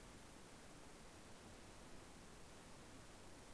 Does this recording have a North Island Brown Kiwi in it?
no